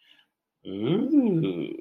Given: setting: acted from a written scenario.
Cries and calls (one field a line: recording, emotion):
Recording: vocal sound without words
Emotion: embarrassment